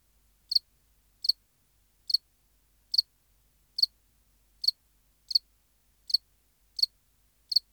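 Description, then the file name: House cricket giving brief high chirps, often split into two quick pulses, about ten of them spaced under a second apart. "Acheta domesticus"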